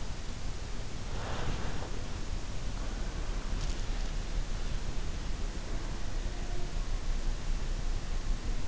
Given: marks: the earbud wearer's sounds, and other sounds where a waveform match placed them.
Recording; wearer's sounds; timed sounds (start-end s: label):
sounds in sleep by an in-ear microphone; breath
0.85-2.83 s: breath